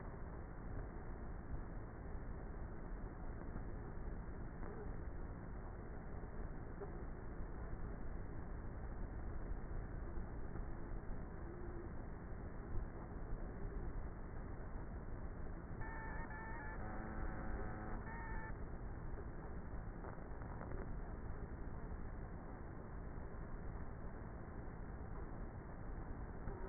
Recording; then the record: honeybee colony, microphone inside the hive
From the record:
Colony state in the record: queenless with a low population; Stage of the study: before two queens were removed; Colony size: about 30,000 bees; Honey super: no